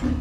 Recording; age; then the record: pig call; growing-finishing pig (85 days or more)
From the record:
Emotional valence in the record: negative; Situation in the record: barren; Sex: female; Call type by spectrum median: low-frequency call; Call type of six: low-frequency stable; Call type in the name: low-frequency stable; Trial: 3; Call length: 0.21 s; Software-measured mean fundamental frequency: 59 Hz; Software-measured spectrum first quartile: 88 Hz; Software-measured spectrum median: 211 Hz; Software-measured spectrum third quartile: 329 Hz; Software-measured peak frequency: 266 Hz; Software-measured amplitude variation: 156 dB a second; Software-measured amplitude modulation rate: 21.5 a second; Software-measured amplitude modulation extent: 7.3 dB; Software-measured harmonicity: -0.6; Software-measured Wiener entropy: -0.81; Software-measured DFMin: 628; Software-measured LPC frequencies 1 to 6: 275, 1153, 1799, 2558, 3067, 3953 Hz